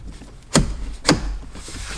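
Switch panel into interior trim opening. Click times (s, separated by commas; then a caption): 0.6 s, 1.1 s. A switch block fitted with new custom color-matched buttons is pushed back into its interior trim opening in the dash of a BMW F80 M3. Two sharp plastic snaps ring out at 0.6 s and 1.1 s over a quiet background, and the panel is seated.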